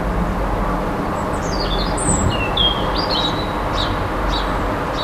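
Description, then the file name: European robin song: thin, high warbled phrases with sliding whistles and short trills, delivered in bursts over a constant low roar of city traffic. Sung in a city on 16 February 2015, recorded with a MiniDisc recorder. "Rouge-gorge dans la ville 16 02 15"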